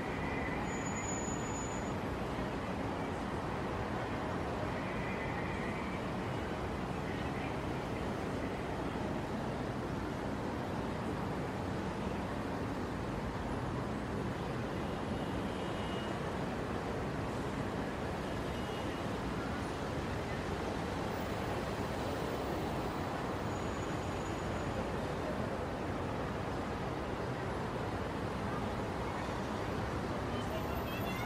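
Heavy traffic rolls across the Brooklyn Bridge in a dense, unbroken rumble that holds steady for the whole stretch. Low engine and tire noise dominate, with faint brighter chirps and tones flickering briefly near the start and around twenty-three seconds.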